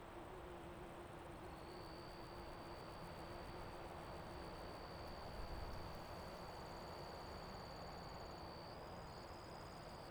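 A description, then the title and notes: Crickets and grasshoppers in a meadow trill steadily under a constant windy rush, with a high insect whine entering early and holding throughout. Colville National Forest, Calispell Meadow Late afternoon with Grasshoppers, Crickets, and Wind. Calispell Meadow is filled with crickets and grasshoppers.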